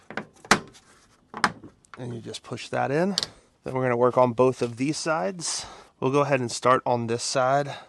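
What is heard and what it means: A plastic trim clip on a trim piece of the rear hatch panel of a 2005–2010 Honda Odyssey (3rd generation) is pressed in by hand, snapping sharply at 0.5 s and again at 1.4 s. The clip seats, and someone then talks.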